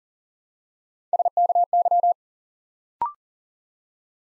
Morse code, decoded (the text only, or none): SKY